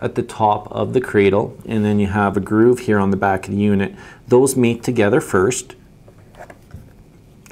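Someone talks while lining up a Garmin Dezl 760 trucking and RV GPS unit with its plastic windshield mount cradle, fitting the groove on the back of the unit onto the lip at the top of the cradle before the bottom is pushed home. After the talking stops, faint light handling taps come from about 6.3 to 7.5 seconds. Nothing has seated or clicked yet.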